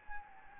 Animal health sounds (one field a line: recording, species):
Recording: mosquito wingbeat signal from an infrared sensor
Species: Anopheles gambiae